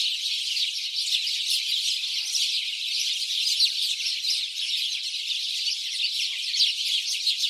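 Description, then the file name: House sparrow chirps forming a dense, continuous chatter of many overlapping high notes, steady throughout with no pauses. "Passer domesticus"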